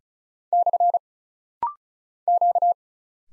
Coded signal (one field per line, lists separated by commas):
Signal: Morse code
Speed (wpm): 36 wpm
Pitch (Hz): 700 Hz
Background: none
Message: / Q